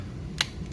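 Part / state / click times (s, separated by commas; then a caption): plastic cover plate onto goggle module bay / seated / 0.4 s. A plastic cover plate is pressed onto the goggles over the receiver module in the goggle module bay. A single sharp, bright snap rings out at 0.4 s against a low steady background hum. The cover plate snaps home and is fully seated.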